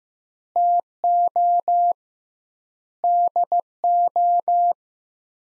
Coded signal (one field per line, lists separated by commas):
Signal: Morse code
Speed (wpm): 15 wpm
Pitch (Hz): 700 Hz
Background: none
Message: TO DO